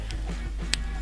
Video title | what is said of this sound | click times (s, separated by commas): Build The Harley Davidson Fat Boy - Part 04 - Part 05 | I'm just going to move my microphone in close and hopefully you'll hear that click there | 0.7 s